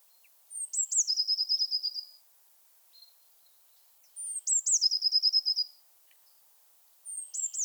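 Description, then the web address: Eurasian blue tit singing, two full phrases and the start of a third, each a sharp high downslurred note followed by a rapid, even, ringing trill, spaced by pauses. "Aktivitetsbanken. Fuglelyder Blåmeis"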